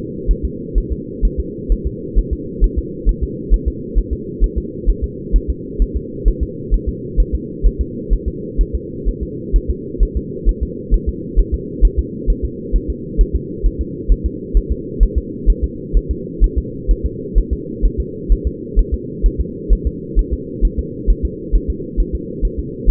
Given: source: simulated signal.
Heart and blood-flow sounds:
fetal heart sounds
0.31 s: S1
0.45 s: S2
0.78 s: S1
0.92 s: S2
1.25 s: S1
1.40 s: S2
1.72 s: S1
1.87 s: S2
2.19 s: S1
2.33 s: S2
2.64 s: S1
2.79 s: S2
3.09 s: S1
3.23 s: S2
3.54 s: S1
3.68 s: S2
3.98 s: S1
4.13 s: S2
4.44 s: S1
4.58 s: S2
4.90 s: S1
5.04 s: S2
5.36 s: S1
5.50 s: S2
5.82 s: S1
5.97 s: S2
6.28 s: S1
6.43 s: S2
6.74 s: S1
6.89 s: S2
7.20 s: S1
7.35 s: S2
7.66 s: S1
7.81 s: S2
8.13 s: S1
8.28 s: S2
8.61 s: S1
8.75 s: S2
9.08 s: S1
9.23 s: S2
9.56 s: S1
9.70 s: S2
10.03 s: S1
10.17 s: S2
10.49 s: S1
10.63 s: S2
10.94 s: S1
11.09 s: S2
11.39 s: S1
11.54 s: S2
11.85 s: S1
11.99 s: S2
12.30 s: S1
12.45 s: S2
12.76 s: S1
12.90 s: S2
13.21 s: S1
13.36 s: S2
13.66 s: S1
13.81 s: S2
14.12 s: S1
14.26 s: S2
14.57 s: S1
14.72 s: S2
15.03 s: S1
15.18 s: S2
15.50 s: S1
15.64 s: S2
15.97 s: S1
16.11 s: S2
16.44 s: S1
16.58 s: S2
16.91 s: S1
17.06 s: S2
17.38 s: S1
17.53 s: S2
17.85 s: S1
18.00 s: S2
18.32 s: S1
18.47 s: S2
18.79 s: S1
18.94 s: S2
19.26 s: S1
19.41 s: S2
19.73 s: S1
19.87 s: S2
20.19 s: S1
20.33 s: S2
20.65 s: S1
20.79 s: S2
21.10 s: S1
21.25 s: S2
21.55 s: S1
21.70 s: S2
22.00 s: S1
22.15 s: S2
22.45 s: S1
22.59 s: S2
22.90 s: S1
From the record:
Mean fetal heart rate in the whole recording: 130 bpm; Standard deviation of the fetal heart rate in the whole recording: 2 bpm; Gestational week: 36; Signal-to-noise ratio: -4.1 dB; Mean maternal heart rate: no maternal heart sound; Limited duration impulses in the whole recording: absent

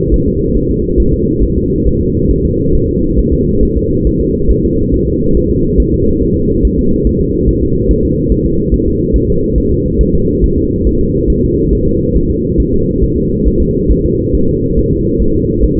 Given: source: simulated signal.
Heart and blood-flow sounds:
fetal heart sounds
0.14 s: S1
0.28 s: S2
0.57 s: S1
0.71 s: S2
1.00 s: S1
1.14 s: S2
1.44 s: S1
1.58 s: S2
1.87 s: S1
2.02 s: S2
2.31 s: S1
2.45 s: S2
2.75 s: S1
2.89 s: S2
3.19 s: S1
3.34 s: S2
3.63 s: S1
3.77 s: S2
4.07 s: S1
4.21 s: S2
4.51 s: S1
4.65 s: S2
4.94 s: S1
5.08 s: S2
5.37 s: S1
5.51 s: S2
5.80 s: S1
5.94 s: S2
6.23 s: S1
6.37 s: S2
6.65 s: S1
6.79 s: S2
7.07 s: S1
7.21 s: S2
7.49 s: S1
7.63 s: S2
7.91 s: S1
8.05 s: S2
8.32 s: S1
8.46 s: S2
8.74 s: S1
8.88 s: S2
9.16 s: S1
9.30 s: S2
9.58 s: S1
9.72 s: S2
10.01 s: S1
10.15 s: S2
10.44 s: S1
10.58 s: S2
10.87 s: S1
11.01 s: S2
11.30 s: S1
11.44 s: S2
11.73 s: S1
11.88 s: S2
12.17 s: S1
12.31 s: S2
12.60 s: S1
12.74 s: S2
13.04 s: S1
13.18 s: S2
13.48 s: S1
13.62 s: S2
13.92 s: S1
14.06 s: S2
14.35 s: S1
14.50 s: S2
14.79 s: S1
14.93 s: S2
15.22 s: S1
15.36 s: S2
15.64 s: S1
15.79 s: S2
From the record:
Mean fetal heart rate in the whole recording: 140 bpm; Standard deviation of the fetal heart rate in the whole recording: 2 bpm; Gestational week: 34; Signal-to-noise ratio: -15.3 dB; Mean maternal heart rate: 72 bpm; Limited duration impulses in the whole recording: present

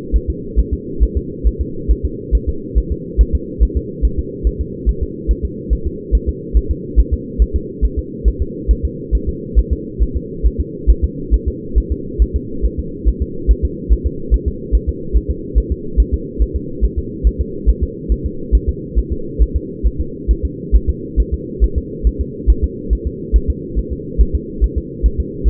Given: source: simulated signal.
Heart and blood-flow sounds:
fetal heart sounds
0.16 s: S1
0.30 s: S2
0.59 s: S1
0.73 s: S2
1.03 s: S1
1.17 s: S2
1.47 s: S1
1.61 s: S2
1.91 s: S1
2.05 s: S2
2.35 s: S1
2.49 s: S2
2.78 s: S1
2.92 s: S2
3.21 s: S1
3.35 s: S2
3.63 s: S1
3.77 s: S2
4.05 s: S1
4.19 s: S2
4.47 s: S1
4.61 s: S2
4.89 s: S1
5.03 s: S2
5.31 s: S1
5.45 s: S2
5.73 s: S1
5.87 s: S2
6.15 s: S1
6.29 s: S2
6.57 s: S1
6.71 s: S2
7.00 s: S1
7.13 s: S2
7.42 s: S1
7.56 s: S2
7.85 s: S1
7.99 s: S2
8.28 s: S1
8.42 s: S2
8.71 s: S1
8.85 s: S2
9.15 s: S1
9.29 s: S2
9.59 s: S1
9.73 s: S2
10.03 s: S1
10.17 s: S2
10.46 s: S1
10.60 s: S2
10.90 s: S1
11.04 s: S2
11.34 s: S1
11.48 s: S2
11.78 s: S1
11.92 s: S2
12.22 s: S1
12.36 s: S2
12.65 s: S1
12.79 s: S2
13.08 s: S1
13.22 s: S2
13.51 s: S1
13.65 s: S2
13.92 s: S1
14.06 s: S2
14.34 s: S1
14.48 s: S2
14.75 s: S1
14.89 s: S2
15.17 s: S1
15.31 s: S2
15.58 s: S1
15.72 s: S2
16.00 s: S1
16.14 s: S2
16.42 s: S1
16.56 s: S2
16.85 s: S1
16.99 s: S2
17.27 s: S1
17.41 s: S2
17.69 s: S1
17.83 s: S2
18.12 s: S1
18.26 s: S2
18.55 s: S1
18.69 s: S2
18.98 s: S1
19.12 s: S2
19.42 s: S1
19.56 s: S2
19.86 s: S1
20.00 s: S2
20.31 s: S1
20.45 s: S2
20.75 s: S1
20.89 s: S2
21.20 s: S1
21.34 s: S2
21.64 s: S1
21.78 s: S2
22.07 s: S1
22.21 s: S2
22.50 s: S1
22.64 s: S2
22.93 s: S1
23.07 s: S2
23.36 s: S1
23.50 s: S2
23.79 s: S1
23.93 s: S2
24.21 s: S1
24.35 s: S2
24.64 s: S1
24.78 s: S2
25.06 s: S1
25.20 s: S2
25.48 s: S1
From the record:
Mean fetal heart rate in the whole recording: 140 bpm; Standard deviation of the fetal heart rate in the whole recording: 2 bpm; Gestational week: 34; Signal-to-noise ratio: -4.3 dB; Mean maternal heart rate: 72 bpm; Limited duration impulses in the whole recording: absent

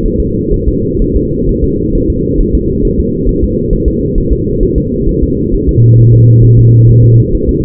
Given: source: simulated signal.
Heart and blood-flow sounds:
fetal heart sounds
0.06 s: S1
0.20 s: S2
0.54 s: S1
0.68 s: S2
1.02 s: S1
1.16 s: S2
1.49 s: S1
1.64 s: S2
1.95 s: S1
2.10 s: S2
2.41 s: S1
2.55 s: S2
2.85 s: S1
2.99 s: S2
3.29 s: S1
3.44 s: S2
3.73 s: S1
3.88 s: S2
4.18 s: S1
4.32 s: S2
4.63 s: S1
4.78 s: S2
5.09 s: S1
5.23 s: S2
5.54 s: S1
5.69 s: S2
6.00 s: S1
6.14 s: S2
6.44 s: S1
6.59 s: S2
6.89 s: S1
7.04 s: S2
7.34 s: S1
7.49 s: S2
From the record:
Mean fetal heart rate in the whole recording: 130 bpm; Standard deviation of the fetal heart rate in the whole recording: 4 bpm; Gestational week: 38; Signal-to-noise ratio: -14.7 dB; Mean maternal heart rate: 72 bpm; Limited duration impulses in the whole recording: present

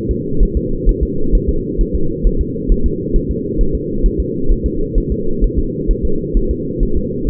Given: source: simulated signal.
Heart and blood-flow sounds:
fetal heart sounds
0.11 s: S2
0.43 s: S1
0.57 s: S2
0.89 s: S1
1.03 s: S2
1.35 s: S1
1.49 s: S2
1.81 s: S1
1.95 s: S2
2.27 s: S1
2.41 s: S2
2.72 s: S1
2.86 s: S2
3.16 s: S1
3.31 s: S2
3.61 s: S1
3.75 s: S2
4.06 s: S1
4.20 s: S2
4.52 s: S1
4.66 s: S2
4.98 s: S1
5.12 s: S2
5.44 s: S1
5.59 s: S2
5.91 s: S1
6.05 s: S2
6.37 s: S1
6.51 s: S2
6.83 s: S1
6.97 s: S2
7.29 s: S1
From the record:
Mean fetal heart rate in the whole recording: 130 bpm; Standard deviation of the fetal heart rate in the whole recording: 4 bpm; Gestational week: 38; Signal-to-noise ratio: -8.1 dB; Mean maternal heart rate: 72 bpm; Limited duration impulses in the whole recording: present

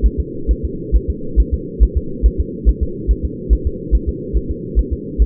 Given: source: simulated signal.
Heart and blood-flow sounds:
fetal heart sounds
0.06 s: S1
0.20 s: S2
0.51 s: S1
0.65 s: S2
0.96 s: S1
1.10 s: S2
1.40 s: S1
1.54 s: S2
1.83 s: S1
1.97 s: S2
2.26 s: S1
2.40 s: S2
2.69 s: S1
2.83 s: S2
3.11 s: S1
3.25 s: S2
3.53 s: S1
3.67 s: S2
3.95 s: S1
4.09 s: S2
4.37 s: S1
4.51 s: S2
4.79 s: S1
4.93 s: S2
5.22 s: S1
From the record:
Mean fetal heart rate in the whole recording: 135 bpm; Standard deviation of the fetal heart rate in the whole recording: 3 bpm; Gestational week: 34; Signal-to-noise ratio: -4.3 dB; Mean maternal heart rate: 72 bpm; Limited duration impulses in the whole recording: absent

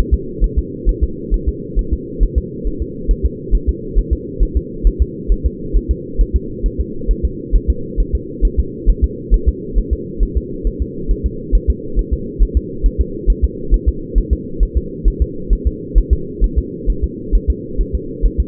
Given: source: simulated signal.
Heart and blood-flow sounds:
fetal heart sounds
0.14 s: S2
0.44 s: S1
0.59 s: S2
0.89 s: S1
1.03 s: S2
1.34 s: S1
1.49 s: S2
1.79 s: S1
1.93 s: S2
2.23 s: S1
2.38 s: S2
2.67 s: S1
2.82 s: S2
3.11 s: S1
3.26 s: S2
3.55 s: S1
3.69 s: S2
3.98 s: S1
4.13 s: S2
4.43 s: S1
4.57 s: S2
4.87 s: S1
5.02 s: S2
5.32 s: S1
5.46 s: S2
5.77 s: S1
5.91 s: S2
6.21 s: S1
6.36 s: S2
6.66 s: S1
6.80 s: S2
7.11 s: S1
7.25 s: S2
7.56 s: S1
7.70 s: S2
8.00 s: S1
8.15 s: S2
8.45 s: S1
8.59 s: S2
8.89 s: S1
9.04 s: S2
9.34 s: S1
9.49 s: S2
9.78 s: S1
9.93 s: S2
10.23 s: S1
10.37 s: S2
10.67 s: S1
10.82 s: S2
11.11 s: S1
11.26 s: S2
11.55 s: S1
11.70 s: S2
11.99 s: S1
12.13 s: S2
12.42 s: S1
12.57 s: S2
12.86 s: S1
13.01 s: S2
13.30 s: S1
13.45 s: S2
13.74 s: S1
13.88 s: S2
14.18 s: S1
14.33 s: S2
14.63 s: S1
14.77 s: S2
15.08 s: S1
15.22 s: S2
15.53 s: S1
15.67 s: S2
15.98 s: S1
16.13 s: S2
16.44 s: S1
16.59 s: S2
16.90 s: S1
17.04 s: S2
17.35 s: S1
17.50 s: S2
17.81 s: S1
17.95 s: S2
18.26 s: S1
18.40 s: S2
From the record:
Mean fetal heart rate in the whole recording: 135 bpm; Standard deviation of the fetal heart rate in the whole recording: 3 bpm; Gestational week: 36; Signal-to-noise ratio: -4.3 dB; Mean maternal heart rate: 72 bpm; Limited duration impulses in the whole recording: present

